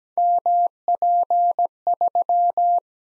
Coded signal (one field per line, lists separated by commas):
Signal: Morse code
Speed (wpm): 17 wpm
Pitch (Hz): 700 Hz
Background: none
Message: MP3